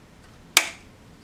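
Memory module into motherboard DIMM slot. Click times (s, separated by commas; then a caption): 0.6 s. A first memory module, lined up with the slot key, is pressed down into a motherboard DIMM slot for a Ryzen 5 7600X and Radeon 9060XT build. A single sharp, bright click sounds at 0.6 s against a quiet background as the retention clip snaps shut. The module is seated and locked in.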